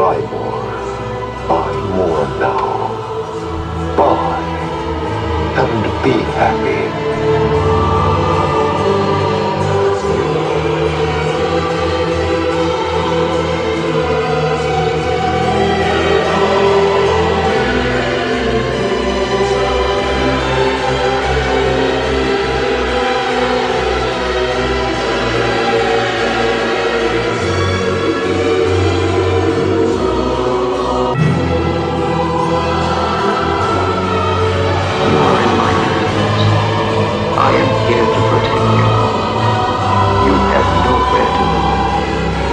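Crowd murmur in the Duomo of Siena: many voices talking at once, blending into a dense, steady hum with no single speaker standing out. The level stays even throughout, with occasional brief knocks and clearer words surfacing from the chatter.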